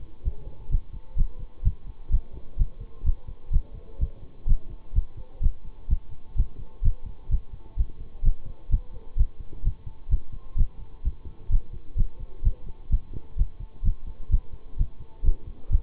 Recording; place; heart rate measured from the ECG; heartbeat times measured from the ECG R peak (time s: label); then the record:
heart sounds by stethoscope; between the tricuspid and mitral areas; 128 bpm
0.23 s: heartbeat
0.70 s: heartbeat
1.16 s: heartbeat
1.63 s: heartbeat
2.10 s: heartbeat
2.57 s: heartbeat
3.04 s: heartbeat
3.51 s: heartbeat
3.99 s: heartbeat
4.47 s: heartbeat
4.94 s: heartbeat
5.41 s: heartbeat
5.89 s: heartbeat
6.36 s: heartbeat
6.83 s: heartbeat
7.30 s: heartbeat
7.77 s: heartbeat
8.23 s: heartbeat
8.70 s: heartbeat
9.17 s: heartbeat
9.63 s: heartbeat
10.09 s: heartbeat
10.56 s: heartbeat
11.03 s: heartbeat
11.50 s: heartbeat
11.96 s: heartbeat
12.43 s: heartbeat
12.90 s: heartbeat
13.37 s: heartbeat
13.83 s: heartbeat
14.30 s: heartbeat
14.77 s: heartbeat
15.24 s: heartbeat
15.70 s: heartbeat
From the record:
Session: bicycle stress test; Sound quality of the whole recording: good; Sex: male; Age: 26 years